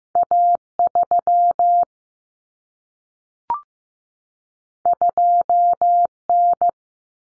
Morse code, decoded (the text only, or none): A3 2N